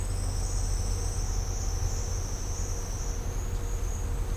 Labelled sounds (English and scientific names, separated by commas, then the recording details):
none
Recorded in secondary vegetation near Puerto Asís, Putumayo, Colombia, on 20 December 2024 at 11:30
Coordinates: 0.502, -76.326
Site G028